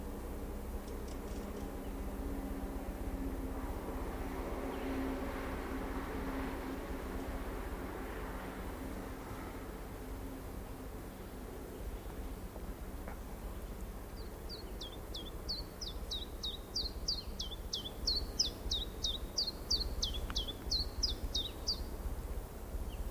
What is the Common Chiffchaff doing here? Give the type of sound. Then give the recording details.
song. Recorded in the wild. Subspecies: abietinus. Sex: male. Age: adult. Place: Hemsjö, Jämtland, Jämtlands län, SE. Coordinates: 62.7167, 15.5833. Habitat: spruce. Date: 1971-07-11 13:45. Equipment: Nagra SN, AKG CK 5, 9 cm/s, Kopie Nagra III PH. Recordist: Schneider, Hans-Joachim